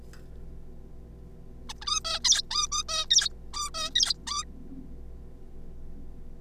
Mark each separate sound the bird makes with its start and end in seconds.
1.69-1.73, 1.82-2.00, 2.05-2.19, 2.24-2.42, 2.51-2.67, 2.71-2.83, 2.89-3.05, 3.11-3.29, 3.53-3.70, 3.74-3.90, 3.95-4.13, 4.27-4.44